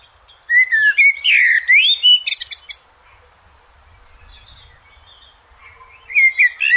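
Eurasian blackbird singing a mellow whistled phrase ending in a scratchy twitter, a pause of several seconds, then another whistled phrase begins.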